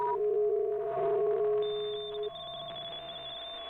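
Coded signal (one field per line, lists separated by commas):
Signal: PSK63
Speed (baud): 62.5 baud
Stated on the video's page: Data-mode contest traffic in the RSGB AFS Datamode Contest.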